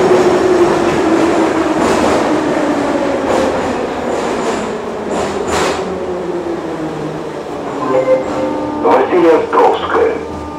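A metro train rides along with a steady, dense rumble and roar that stays loud throughout. A faint tone slowly falls in pitch over the first half, and clicks and brief squealing, clattering sounds appear near the end as the train seems to slow.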